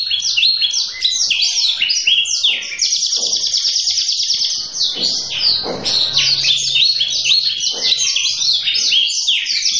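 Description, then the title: Canary song, a dense unbroken run of bright whistled notes and fast buzzy trills, with quick descending phrases repeated throughout. Manasaja canary, song described as gacor ngotot with a long roll (roll panjang), used to make other canaries answer at once (langsung nyaut). "LANGSUNG NYAUT GACOR DOR Kenari Manasaja, Dengan Kicau Kenari GACOR NGOTOT ROLL PANJANG"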